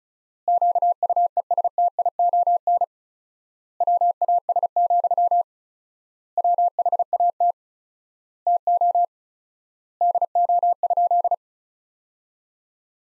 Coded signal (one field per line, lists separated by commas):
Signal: Morse code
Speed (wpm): 36 wpm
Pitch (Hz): 700 Hz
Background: none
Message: QUESTION WAS, WHAT TO DO?